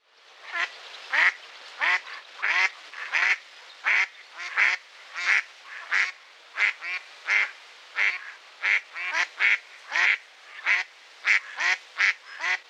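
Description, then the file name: Mallard quacking repeatedly, loud nasal quacks coming about every half second to second, steady and insistent throughout against a faint hiss. "stockente"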